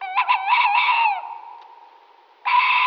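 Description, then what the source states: Tawny owl calls: a harsh, rasping note that tails off into a thin drawn-out tone, followed by another abrupt hoarse call. Recorded in Slovenia.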